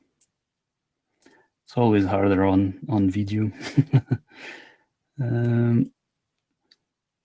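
A tiny sensor module is positioned over an IoT base board's connector and screw hole, being lined up before it is pressed in, while someone talks. Only a few faint, short ticks are heard around 0.2 s, 1.2 s and 6.7 s. Nothing has clicked or seated yet.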